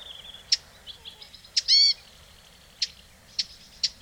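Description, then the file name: Eurasian blackcap dry tick calls, a handful spread across four seconds, with one loud nasal harmonic call and soft high twittering. "Sylvia atricapilla"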